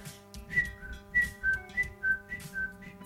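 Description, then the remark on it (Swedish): A whistled imitation of a great tit's song, the male's call for a female: a bright two-note phrase, high then slightly lower, repeated about six times in a steady seesaw rhythm over a low background rumble. “Jag hörde talgoxen faktiskt i Långspen här.”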